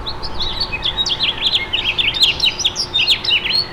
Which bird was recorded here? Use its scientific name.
Haemorhous mexicanus